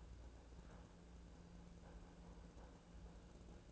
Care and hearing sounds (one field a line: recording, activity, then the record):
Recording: daily activity, microphone in the room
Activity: make coffee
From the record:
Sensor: 2